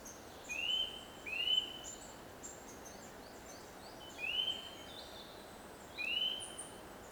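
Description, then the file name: Eurasian nuthatch calls: loud upslurred whistles, a pair then single notes spaced a couple of seconds apart, with softer high chirps from other birds. "Sitta europaea"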